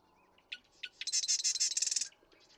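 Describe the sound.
Marsh Wren song: two introductory clicks lead into a gurgling, buzzy rattle lasting about a second, ending in faint notes.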